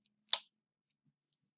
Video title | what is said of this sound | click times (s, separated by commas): MEA1350L Module 05 Procedures | pressing the safety onto a hard surface until we hear it click just | 0.3 s